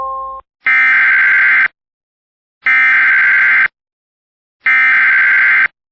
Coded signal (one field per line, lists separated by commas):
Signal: Emergency Alert System (SAME) tones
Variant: header bursts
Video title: EAS Mock - Flash Flood Warning With An ICE JAM